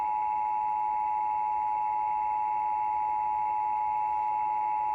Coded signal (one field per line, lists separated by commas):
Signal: Emergency Alert System (SAME) tones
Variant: 853 and 960 Hz attention tone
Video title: Possibly the last video for a while EAS# 317-320 9/16/20 (Read Desc)